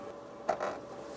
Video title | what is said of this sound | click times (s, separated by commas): How to Replace Headlight Bulbs 2012-2018 Nissan Altima | right, that clicked in place, so that's installed. | 0.5 s